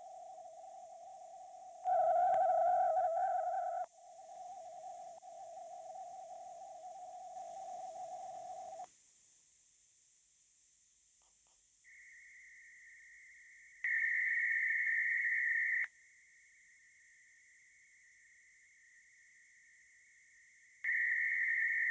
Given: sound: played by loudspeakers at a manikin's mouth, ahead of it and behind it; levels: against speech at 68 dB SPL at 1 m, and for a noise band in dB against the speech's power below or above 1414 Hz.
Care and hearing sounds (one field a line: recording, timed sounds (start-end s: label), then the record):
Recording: test signals for a remote microphone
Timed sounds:
0.00-1.84 s: noise band at 707 Hz, -13 dB
1.84-3.84 s: noise band at 707 Hz, +22 dB
3.84-8.84 s: noise band at 707 Hz, -13 dB
11.84-13.84 s: noise band at 2000 Hz, -13 dB
13.84-15.84 s: noise band at 2000 Hz, +22 dB
15.84-20.84 s: noise band at 2000 Hz, -13 dB
20.84-21.91 s: noise band at 2000 Hz, +22 dB
From the record:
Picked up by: remote microphone D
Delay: 24 ms